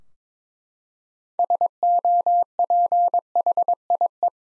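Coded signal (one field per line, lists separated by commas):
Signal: Morse code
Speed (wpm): 22 wpm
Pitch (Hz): 700 Hz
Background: none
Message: SOPHIE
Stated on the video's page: Morse head-copy practice at 22 wpm of common USA names, each sent, spoken, then sent again.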